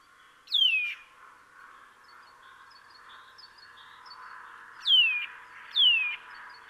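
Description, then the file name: Eurasian nuthatch calls: a sharp, downward-sliding whistle, then a long stretch of steady background hiss, then two more falling whistles close together. "Sitta europaea"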